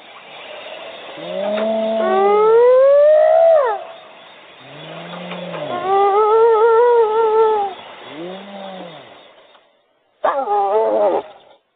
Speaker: Here's what a hyena sounds like.